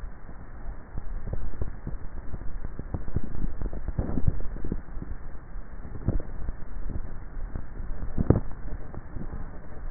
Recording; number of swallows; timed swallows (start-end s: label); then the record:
swallowing sounds by neck microphone; 1
4.17-4.80 s: swallow
From the record:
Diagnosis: dysphagia